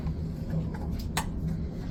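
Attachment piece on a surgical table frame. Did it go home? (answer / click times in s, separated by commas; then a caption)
yes / 1.2 s. An attachment piece is set onto a surgical table frame, lined up on a small locating hole. Over a steady low hum, a single sharp click sounds at 1.2 s as the attachment clicks into place and seats.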